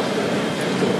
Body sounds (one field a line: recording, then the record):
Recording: background sound without coughing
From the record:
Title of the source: Office Sounds Ambience - Background Noise for Study and Work